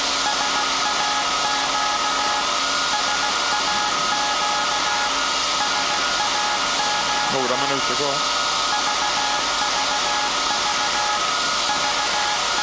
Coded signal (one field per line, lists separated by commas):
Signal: Morse code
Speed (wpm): 16 wpm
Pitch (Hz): 840 Hz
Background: speech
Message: SAQ SAQ SAQ VVV VE